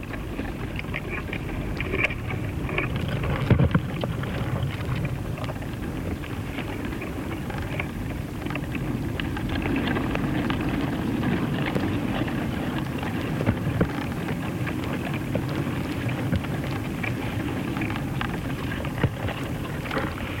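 Sounds of the coastal dunescape at Studland Nature Reserve: a dense, steady low rumble like wind or churning water fills the whole clip. Small crackles and ticks scatter throughout, with a few sharper taps near the start, around three and a half seconds.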